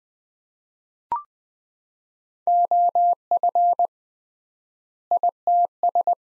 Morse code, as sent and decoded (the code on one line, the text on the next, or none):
--- ..-. / .. - ...
OF ITS